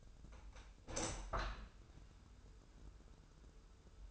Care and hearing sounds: daily activity, microphone in the room; open window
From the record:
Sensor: 2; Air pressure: 995.6 hPa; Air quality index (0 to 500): 95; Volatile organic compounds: 5 ppm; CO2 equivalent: 1742 ppm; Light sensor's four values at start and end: 24/77/30/29 and 24/78/31/29

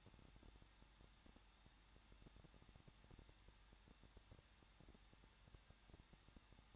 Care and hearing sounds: daily activity, microphone in the room; no activity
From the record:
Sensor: 3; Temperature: 21.2 degrees Celsius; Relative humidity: 36.3%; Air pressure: 1006.3 hPa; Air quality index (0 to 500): 222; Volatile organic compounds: 41 ppm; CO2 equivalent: 3165 ppm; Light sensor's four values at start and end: 2/3/2/2 and 2/3/2/2

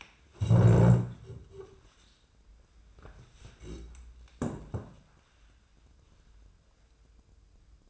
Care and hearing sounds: daily activity, microphone in the room; stand up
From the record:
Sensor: 2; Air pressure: 1005.0 hPa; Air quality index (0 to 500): 101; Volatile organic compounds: 2 ppm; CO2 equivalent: 1226 ppm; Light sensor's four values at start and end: 8/18/7/7 and 7/17/7/7

